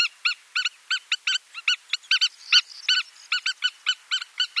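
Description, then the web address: Spur-winged lapwing display calls, a rapid series of sharp, metallic nasal notes repeated several times a second, irregularly spaced. A pair in display. "Schulze Peter Spur-winged Plover pair display"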